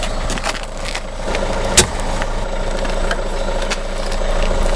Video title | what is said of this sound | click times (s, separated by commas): Préparer son concours ! | Donc ça y est, c'est branché, la sécurité est mise, c'est bien enclenché. | 1.8 s